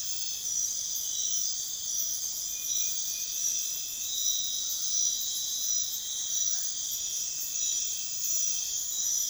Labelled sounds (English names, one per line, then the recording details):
none
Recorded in pastures near Puerto Asís, Putumayo, Colombia, on 28 February 2025 at 02:00
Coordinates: 0.502, -76.324
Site GP07